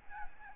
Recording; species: mosquito wingbeat signal from an infrared sensor; Aedes albopictus